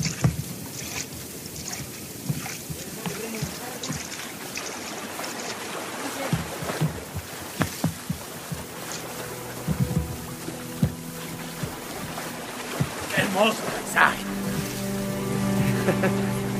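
A canoe glides through water with steady sloshing and scattered paddle splashes, interrupted by a few sharp knocks, before a sustained tonal sound rises over the water near the end.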